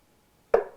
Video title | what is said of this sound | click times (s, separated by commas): What brand of Capo should I use? Shubb Capo! | you could hear that how it snaps so | 0.5 s